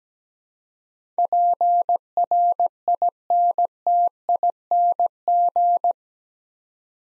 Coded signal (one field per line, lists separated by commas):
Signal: Morse code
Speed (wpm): 17 wpm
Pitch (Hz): 700 Hz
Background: none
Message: PRINTING